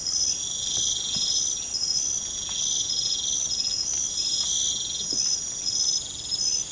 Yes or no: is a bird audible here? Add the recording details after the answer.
no. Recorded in pastures near Puerto Asís, Putumayo, Colombia, on 30 June 2025 at 00:30. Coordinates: 0.472, -76.331. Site G095